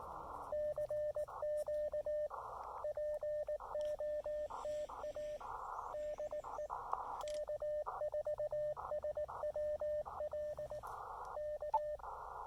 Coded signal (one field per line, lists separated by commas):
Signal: Morse code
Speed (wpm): 18 wpm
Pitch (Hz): 600 Hz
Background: radio noise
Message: CQ POTA DE K4SWL K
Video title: Amazing SOTA Activation of Mount Pisgah (W4C/CM-011) pairing the Elecraft KX2 and CHA MPAS Lite!